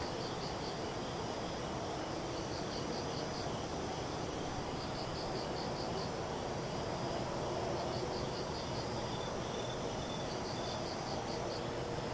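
Insects call in repeated bursts of high, pulsing chirps, each run lasting a second or two and recurring every few seconds through the clip. Beneath them a steady, dense low rumble, like passing traffic or engine noise, continues without a break.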